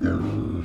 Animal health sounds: pig call; growing-finishing pig (85 days or more)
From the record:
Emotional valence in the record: negative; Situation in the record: barren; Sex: male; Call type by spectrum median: low-frequency call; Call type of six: low-frequency modulated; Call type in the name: low-frequency modulated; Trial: 2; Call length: 0.65 s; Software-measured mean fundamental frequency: 51 Hz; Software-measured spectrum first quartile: 130 Hz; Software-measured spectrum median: 247 Hz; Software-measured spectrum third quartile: 392 Hz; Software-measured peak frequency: 262 Hz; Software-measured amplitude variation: 142 dB a second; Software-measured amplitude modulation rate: 30.2 a second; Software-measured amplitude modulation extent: 4.7 dB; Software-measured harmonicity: -1.1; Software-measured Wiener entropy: -0.70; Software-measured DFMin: 909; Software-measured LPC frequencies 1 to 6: 302, 1456, 2462, 3362, 4762, 5617 Hz

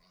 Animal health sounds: pig call; piglet (1 to 25 days)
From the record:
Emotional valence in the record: positive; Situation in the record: short reunion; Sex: male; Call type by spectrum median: low-frequency call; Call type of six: low-frequency tonal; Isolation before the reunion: 3 minutes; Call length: 0.12 s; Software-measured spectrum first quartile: 401 Hz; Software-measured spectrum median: 1789 Hz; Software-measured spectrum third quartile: 4497 Hz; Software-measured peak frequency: 168 Hz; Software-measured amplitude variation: 28 dB a second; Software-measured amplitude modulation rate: 17.0 a second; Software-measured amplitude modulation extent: 1.6 dB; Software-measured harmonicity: 2.5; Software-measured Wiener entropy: -1.50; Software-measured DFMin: 671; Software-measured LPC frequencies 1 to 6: 1072, 2098, 2736, 3839, 4582, 4948 Hz

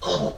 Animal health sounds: pig call; piglet (1 to 25 days)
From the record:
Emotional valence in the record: negative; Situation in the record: restrain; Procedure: in the arms of a person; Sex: male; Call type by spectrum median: low-frequency call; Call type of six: low-frequency modulated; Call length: 0.38 s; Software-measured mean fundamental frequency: 75 Hz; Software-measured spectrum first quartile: 452 Hz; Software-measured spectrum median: 867 Hz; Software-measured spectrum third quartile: 2911 Hz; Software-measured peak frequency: 543 Hz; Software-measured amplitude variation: 124 dB a second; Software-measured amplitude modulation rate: 17.3 a second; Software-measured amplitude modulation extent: 7.2 dB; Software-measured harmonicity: 1.5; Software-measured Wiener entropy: -3.13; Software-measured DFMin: 1509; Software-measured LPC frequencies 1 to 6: 537, 1000, 3149, 3760, 5088, 6009 Hz

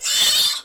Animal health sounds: pig call; piglet (1 to 25 days)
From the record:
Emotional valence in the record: negative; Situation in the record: castration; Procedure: castration, cut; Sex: male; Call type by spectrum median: high-frequency call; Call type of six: high-frequency modulated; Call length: 0.65 s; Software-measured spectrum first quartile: 3545 Hz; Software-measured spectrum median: 4612 Hz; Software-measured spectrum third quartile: 7164 Hz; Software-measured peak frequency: 3577 Hz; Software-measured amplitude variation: 106 dB a second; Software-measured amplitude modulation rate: 16.2 a second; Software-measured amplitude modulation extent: 6.5 dB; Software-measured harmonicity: 3.0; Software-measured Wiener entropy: -1.92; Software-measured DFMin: 806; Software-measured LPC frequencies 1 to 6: 1176, 1880, 2999, 3572, 4376, 5589 Hz

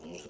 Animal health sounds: pig call; piglet (1 to 25 days)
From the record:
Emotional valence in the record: negative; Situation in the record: castration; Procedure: castration, shear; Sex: male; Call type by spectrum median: low-frequency call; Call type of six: low-frequency stable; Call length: 0.30 s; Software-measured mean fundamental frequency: 81 Hz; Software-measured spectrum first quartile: 356 Hz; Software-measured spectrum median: 1021 Hz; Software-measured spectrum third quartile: 4585 Hz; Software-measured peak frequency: 240 Hz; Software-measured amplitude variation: 94 dB a second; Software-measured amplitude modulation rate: 21.7 a second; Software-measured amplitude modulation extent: 4.4 dB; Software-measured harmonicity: 2.1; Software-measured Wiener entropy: -2.94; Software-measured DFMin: 1208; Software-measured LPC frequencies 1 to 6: 448, 2646, 2907, 4218, 5746, 7538 Hz

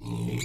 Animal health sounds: pig call; weaner (32 to 43 days)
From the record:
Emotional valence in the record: negative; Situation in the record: short isolation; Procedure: open field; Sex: female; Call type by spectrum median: low-frequency call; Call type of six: mixed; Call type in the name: high-frequency modulated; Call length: 0.45 s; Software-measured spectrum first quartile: 164 Hz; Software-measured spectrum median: 475 Hz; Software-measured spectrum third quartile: 4024 Hz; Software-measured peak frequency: 122 Hz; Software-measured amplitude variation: 118 dB a second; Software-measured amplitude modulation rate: 31.2 a second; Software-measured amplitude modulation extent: 3.8 dB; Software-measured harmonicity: 5.0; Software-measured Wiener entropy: -4.15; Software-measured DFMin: 1079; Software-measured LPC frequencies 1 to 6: 2238, 3958, 4719, 7003, 7539, 9139 Hz

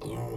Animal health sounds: pig call; weaner (32 to 43 days)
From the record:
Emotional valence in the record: negative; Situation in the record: negative conditioning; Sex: female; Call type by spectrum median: low-frequency call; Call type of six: low-frequency stable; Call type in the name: low-frequency stable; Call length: 0.37 s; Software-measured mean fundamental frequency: 57 Hz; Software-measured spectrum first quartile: 150 Hz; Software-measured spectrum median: 356 Hz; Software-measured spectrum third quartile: 756 Hz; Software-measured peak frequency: 129 Hz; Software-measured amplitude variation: 86 dB a second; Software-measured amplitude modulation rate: 25.6 a second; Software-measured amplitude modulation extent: 3.4 dB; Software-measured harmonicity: -0.5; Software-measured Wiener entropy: -0.58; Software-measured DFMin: 904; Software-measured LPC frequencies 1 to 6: 413, 912, 2238, 3211, 4011, 7467 Hz

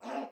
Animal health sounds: pig call; piglet (1 to 25 days)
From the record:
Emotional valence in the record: negative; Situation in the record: restrain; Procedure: in the arms of a person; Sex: female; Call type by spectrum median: low-frequency call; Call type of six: low-frequency stable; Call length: 0.31 s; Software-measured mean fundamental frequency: 82 Hz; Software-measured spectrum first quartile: 378 Hz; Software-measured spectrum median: 651 Hz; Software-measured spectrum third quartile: 928 Hz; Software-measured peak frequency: 681 Hz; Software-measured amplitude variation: 143 dB a second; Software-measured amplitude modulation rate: 17.7 a second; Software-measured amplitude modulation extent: 8.1 dB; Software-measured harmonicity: 1.0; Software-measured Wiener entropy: -0.38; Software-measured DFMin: 1116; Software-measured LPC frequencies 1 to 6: 695, 2668, 3981, 5033, 5585, 6297 Hz

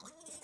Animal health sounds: pig call; piglet (1 to 25 days)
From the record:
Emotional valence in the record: negative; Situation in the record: long isolation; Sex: male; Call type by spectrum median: high-frequency call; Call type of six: high-frequency stable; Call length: 0.43 s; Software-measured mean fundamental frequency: 290 Hz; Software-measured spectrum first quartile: 1198 Hz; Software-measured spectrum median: 5475 Hz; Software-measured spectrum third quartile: 7977 Hz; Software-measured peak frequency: 620 Hz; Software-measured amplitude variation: 156 dB a second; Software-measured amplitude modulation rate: 20.8 a second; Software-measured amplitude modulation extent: 7.5 dB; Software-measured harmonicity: 4.5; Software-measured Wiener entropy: -2.00

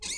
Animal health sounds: pig call; weaner (32 to 43 days)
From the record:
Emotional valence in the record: negative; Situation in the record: novel object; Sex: female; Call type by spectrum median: high-frequency call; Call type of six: high-frequency stable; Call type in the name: high-frequency stable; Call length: 0.18 s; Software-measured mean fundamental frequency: 272 Hz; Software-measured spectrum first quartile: 3306 Hz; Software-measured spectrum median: 5256 Hz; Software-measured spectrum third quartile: 7164 Hz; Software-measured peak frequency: 2244 Hz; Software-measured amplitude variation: 103 dB a second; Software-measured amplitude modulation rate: 14.1 a second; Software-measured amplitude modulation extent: 7.3 dB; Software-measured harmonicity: 3.5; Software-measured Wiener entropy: -2.33

